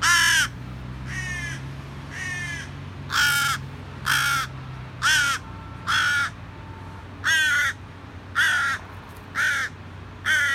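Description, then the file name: Carrion crow giving a series of harsh, raspy caws, each about half a second long, roughly one per second, over a low background hum. "Corvus corone"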